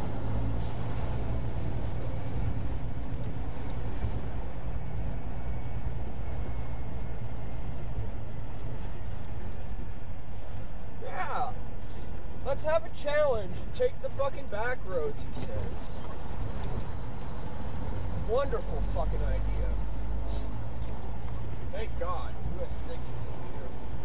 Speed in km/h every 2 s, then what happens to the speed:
40, 42, 42, 39, 37, 31, 27, 26, 27, 32, 39, 42.
4-15 slows to 26. 15-24 speeds up to 42.